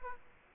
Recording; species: mosquito wingbeat signal from an infrared sensor; Culex quinquefasciatus